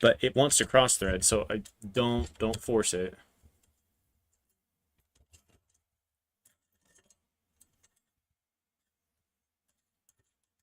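A machine screw being worked into a T-nut on the aluminium extrusion of a 3D printer frame, where it kept cross-threading, is handled without being forced. Someone talks for the first three seconds, then only faint, sparse ticks are heard through the rest of the clip. Nothing has seated or clicked yet.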